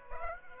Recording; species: mosquito wingbeat signal from an infrared sensor; Aedes aegypti